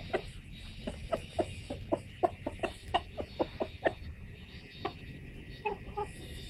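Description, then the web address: Chicken clucking in a quick series of soft, short notes, then trailing off into scattered calls over steady background noise. Rooster calling the hens. "como el gallo convoca a las gallinas"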